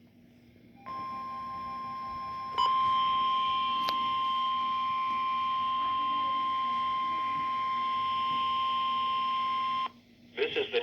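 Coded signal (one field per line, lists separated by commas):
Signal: Emergency Alert System (SAME) tones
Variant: 1050 Hz attention tone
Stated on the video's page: NOAA Weather Radio required weekly test from the National Weather Service.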